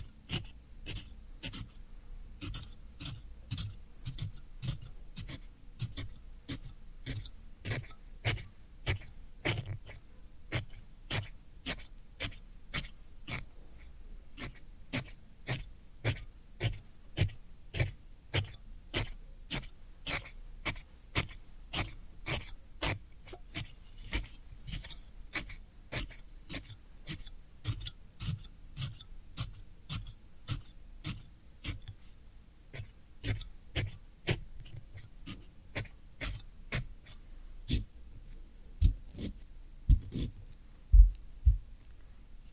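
Floral foam being pressed or poked, giving sharp crunchy snaps that run from a low thud up to a bright crackle. They come steadily, roughly one or two each second, with quiet gaps between. Near the end a few louder, heavier crunches stand out.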